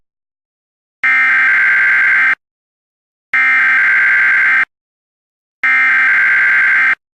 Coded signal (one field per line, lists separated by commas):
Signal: Emergency Alert System (SAME) tones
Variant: header bursts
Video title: EAS Classic: YouTube Channel 2.0 Layouts Warning (Originally from 2009)